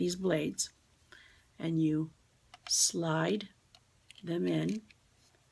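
A replaceable exfoliating razor blade cartridge is being slid into the handle of a facial dermaplaning (exfoliation) device while someone talks, with faint handling sounds between the phrases. The clip ends before the blade goes home, so nothing has seated or clicked yet.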